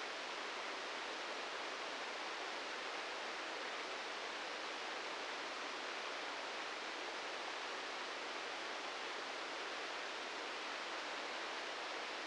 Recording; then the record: brain microelectrode recording played as sound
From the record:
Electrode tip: inside the subthalamic nucleus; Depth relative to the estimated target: -6 mm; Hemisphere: left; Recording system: NeuroSet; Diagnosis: Parkinson's disease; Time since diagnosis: 13 years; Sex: male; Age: 66 years